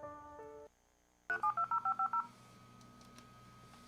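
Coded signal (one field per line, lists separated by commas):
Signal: DTMF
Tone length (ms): 150 ms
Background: music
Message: 372050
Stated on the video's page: Dial-up connection on a US Robotics 56K modem over a POTS landline and a VoIP phone line.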